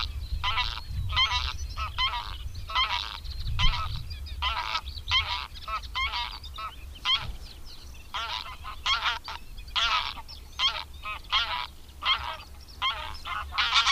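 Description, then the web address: Greylag goose: a long series of harsh nasal honks, with a few low thumps in the background. "Madardalok Cd 3. Nyári lúd"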